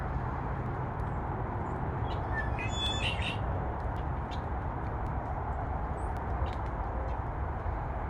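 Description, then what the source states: Bird chirps: a brief cluster of thin, high chirps before the middle, then scattered faint ticks, over a constant low roar of traffic. Birds chirping, with a freeway far in the background.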